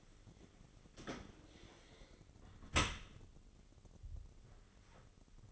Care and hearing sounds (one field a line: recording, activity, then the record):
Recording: daily activity, microphone in the room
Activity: close dishwasher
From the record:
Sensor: 4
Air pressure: 996.5 hPa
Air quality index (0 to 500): 88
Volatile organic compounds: 4 ppm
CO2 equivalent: 1698 ppm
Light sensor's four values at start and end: 20/55/21/23 and 20/53/21/22